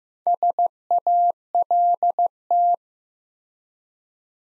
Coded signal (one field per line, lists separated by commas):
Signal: Morse code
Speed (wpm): 15 wpm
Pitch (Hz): 700 Hz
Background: none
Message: SALT